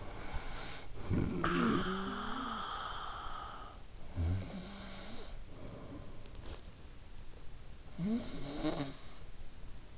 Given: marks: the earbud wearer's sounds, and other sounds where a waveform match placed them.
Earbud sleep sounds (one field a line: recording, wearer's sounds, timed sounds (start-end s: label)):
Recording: sounds in sleep by an in-ear microphone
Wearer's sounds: snoring breath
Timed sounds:
0.00-3.75 s: snoring breath
3.83-6.96 s: snoring breath
7.95-9.16 s: snoring breath